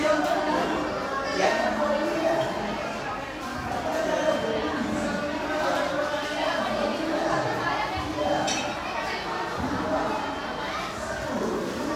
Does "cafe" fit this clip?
yes